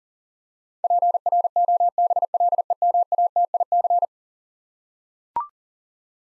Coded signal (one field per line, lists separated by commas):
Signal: Morse code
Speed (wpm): 40 wpm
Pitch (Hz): 700 Hz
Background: none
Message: PROBLEMATIC